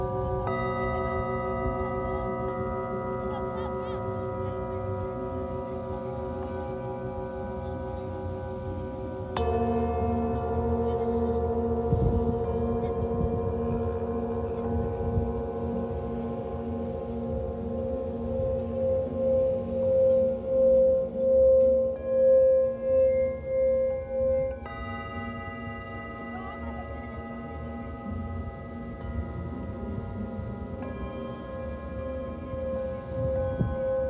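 Singing bowls ring out in a sustained, layered drone with steady tones and a low hum underneath. New strikes land around 9 and 24 seconds, shifting the pitch blend, and from about 17 to 24 seconds the tone swells and wavers in a slow, regular pulse.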